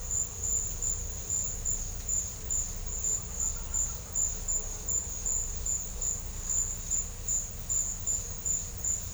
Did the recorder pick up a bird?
no